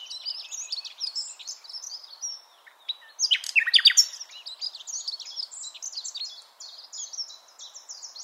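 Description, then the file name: Common nightingale pouring out quick high chirps and whistles, broken by a loud harsh burst of notes midway, then continuing its rapid varied phrases. "Luscinia megarhynchos"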